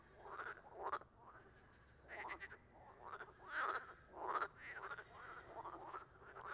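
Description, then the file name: Frogs croaking in chorus, rough rasping calls arriving in irregular bursts, some with rapid pulses. Amphibians calling at a tuilerie (tile works) on 18 March 2017. "2017-03-18 tuilerie chant amphibiens grenouilles"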